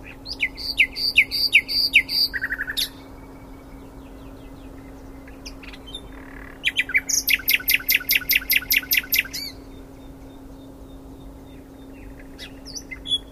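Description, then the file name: Common nightingale song in two phrases: a rhythmic series of ringing repeated notes, a pause, then a longer fast trill of sharp, evenly repeated notes. "Luscinia megarhynchos"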